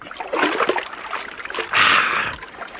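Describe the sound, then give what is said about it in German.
A person jumps and plunges into water with a loud, rushing splash, followed by churning, trickling water and a second surge of splashing about a second later. “Sie gehen rauf, ich gehe runter und das Wasser. Das ist alles. Achtung, ich springe.”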